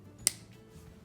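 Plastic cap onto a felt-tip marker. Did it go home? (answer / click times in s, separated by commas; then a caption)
yes / 0.3 s. A plastic cap is pushed back onto a felt-tip marker and clicks on at 0.3 s. The click is a single sharp, bright snap that stands out against a quiet, low background hum. The cap is seated.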